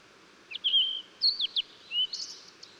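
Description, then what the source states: Blue-and-white flycatcher song: a few clear, high whistled notes with quick slurred and falling elements, then a lower note and a brief higher buzzy flourish, over faint steady background hiss. Recorded 14 June 2009.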